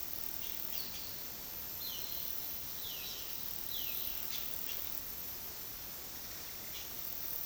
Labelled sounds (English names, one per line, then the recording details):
Violaceous Jay
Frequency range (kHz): Violaceous Jay 1.8-4.7 kHz
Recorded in pastures near Puerto Asís, Putumayo, Colombia, on 21 February 2024 at 14:00
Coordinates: 0.468, -76.328
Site G6414